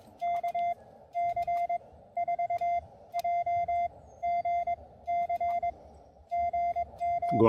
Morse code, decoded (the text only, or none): KC4JGC GM